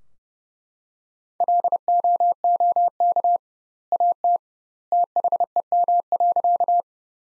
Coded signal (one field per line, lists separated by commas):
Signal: Morse code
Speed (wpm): 30 wpm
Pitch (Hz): 700 Hz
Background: none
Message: LOOK AT THEM.